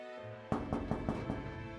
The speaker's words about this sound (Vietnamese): Tiếng gõ cửa phòng vang lên,